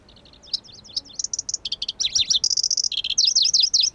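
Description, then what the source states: Pallas's grasshopper warbler song building from short ticking notes into loud, quick series of repeated V-shaped whistles and buzzy high trills. Recorded at Kuda on 25 June 2012.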